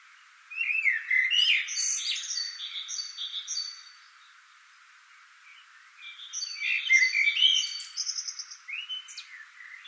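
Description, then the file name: Common blackbird song: two rich warbling phrases, with repeated whistles from another bird. "Turdus merula"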